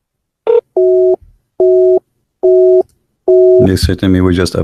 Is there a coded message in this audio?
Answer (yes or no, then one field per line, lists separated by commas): no